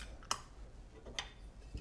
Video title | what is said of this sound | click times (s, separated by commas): Camera - Samoca 35 Super | the film back just snaps back in easily | 0.3 s